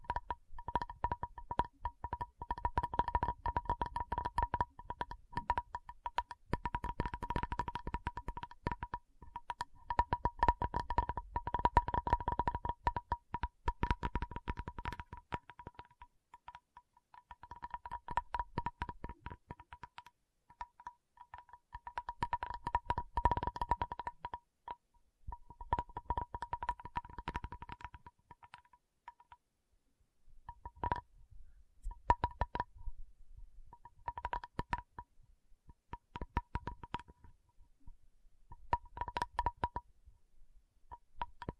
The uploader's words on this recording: ASMR 1 Hour Tapping Session (No Talking).